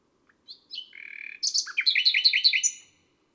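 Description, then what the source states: Nightingale phrase opening with whistled notes and a level buzzy tone, then a quick series of repeated sharp chirps. Recorded on a May night.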